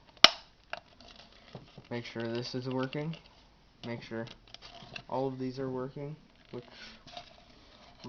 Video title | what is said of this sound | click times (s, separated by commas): Hydro dipping overview | once you get it to that point you're just going to push on it till you hear it snap in place | 0.2 s